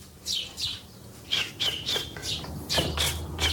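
Young house sparrows, one being fed, chirp insistently in a rapid series of high, harsh begging calls, about eight bursts over a few seconds, heard through the open balcony doors of a flat, with a low background hum beneath.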